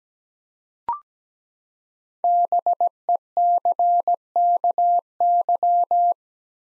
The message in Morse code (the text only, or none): BECKY